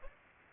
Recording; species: mosquito wingbeat signal from an infrared sensor; Aedes aegypti